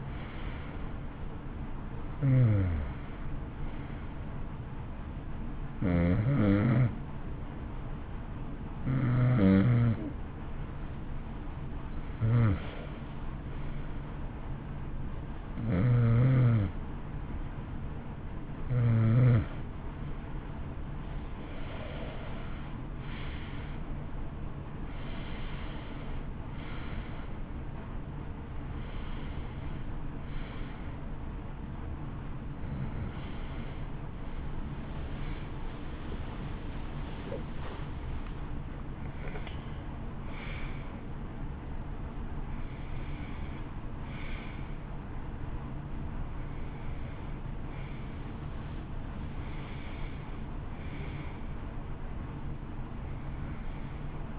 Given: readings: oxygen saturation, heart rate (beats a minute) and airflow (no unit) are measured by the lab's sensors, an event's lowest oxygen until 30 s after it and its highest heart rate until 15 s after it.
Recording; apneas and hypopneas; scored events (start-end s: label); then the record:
breathing in sleep by a smartphone at the bedside; 1
5.00-25.00 s: hypopnea (N2, oxygen 94% highest, then 89% lowest, heart rate 60 at the start, 67 highest)
30.00-54.39 s: new sleep stage, N1 (lightest sleep)
From the record:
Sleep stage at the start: N2 (light sleep); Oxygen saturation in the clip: 89 to 94%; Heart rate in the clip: 57 to 69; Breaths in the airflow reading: 15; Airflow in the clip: -14.1 to 15.7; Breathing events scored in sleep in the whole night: 328 in 6.3 hours asleep